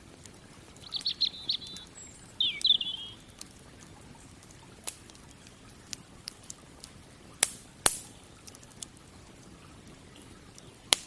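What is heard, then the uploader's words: A campfire by a river, with a soft, steady low rush of water underneath. Sharp wood pops and crackles snap out now and then, loudest near the eighth second. Early on, a few bright bird chirps sound. Campfire by the River - Relaxing Fireplace & Nature Sounds - Robin Birdsong.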